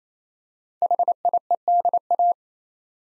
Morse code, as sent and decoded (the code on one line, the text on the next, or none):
.... .. . -.. .-
HIEDA